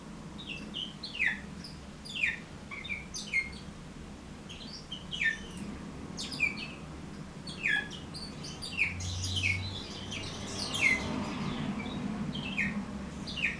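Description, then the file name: Bourke's parrot chattering song of repeated descending chirps and twitters, steady throughout, with a low background hum and a brief low rumble midway. "poet travyanoi rozovobryuxii popugai"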